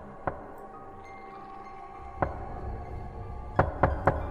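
Knocking on a hospital ward door at night: a single knock, then another after a pause, followed by a quick burst of three sharp raps near the end, each a dull, resonant thud over faint background hum.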